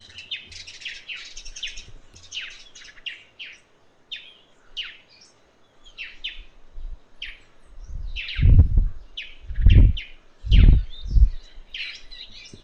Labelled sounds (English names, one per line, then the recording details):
Parrot-billed Sparrow
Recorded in northern Uganda